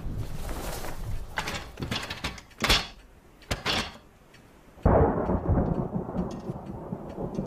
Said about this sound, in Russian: Встает с кровати. Закрывает окно.